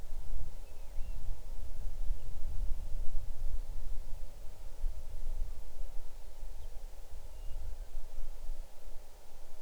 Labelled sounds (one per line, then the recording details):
bird
wind
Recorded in the Arctic National Wildlife Refuge, Alaska, on 6 July 2019 at 00:38
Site 39